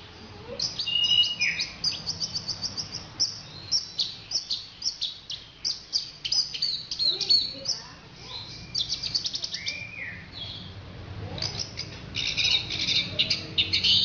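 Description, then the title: Orange-headed thrush song: a long, rapid run of high chirps, trills and scratchy notes, phrases following closely one after another throughout. "Anis Merah"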